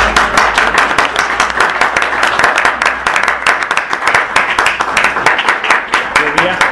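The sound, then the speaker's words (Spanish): Sustained audience applause at the presentation of the book "La Hermandad de los Iniciados": many hands clapping densely and steadily for several seconds, loud and continuous with a bright, crackling texture, no talking over it. “Así que un gran aplauso para vosotros.”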